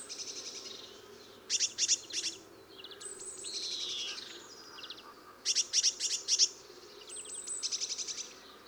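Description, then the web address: Eurasian blue tit calls: quick bursts of four or five very high, clipped notes, repeated twice, with thin high whistled and descending notes between them over faint background hiss. "SETE data Cyanistes caeruleus"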